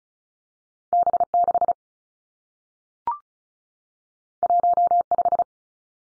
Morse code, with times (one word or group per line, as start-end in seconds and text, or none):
0.9-1.2 B
1.3-1.7 6
4.4-5.0 1
5.1-5.4 5